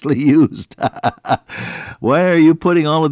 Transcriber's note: laughter